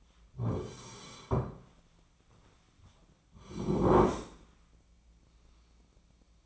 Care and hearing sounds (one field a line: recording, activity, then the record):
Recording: daily activity, microphone in the room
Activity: sit down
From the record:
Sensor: 1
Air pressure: 1009.3 hPa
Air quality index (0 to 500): 176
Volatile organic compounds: 3 ppm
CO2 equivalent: 1490 ppm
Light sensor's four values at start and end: 43/113/47/56 and 46/122/50/60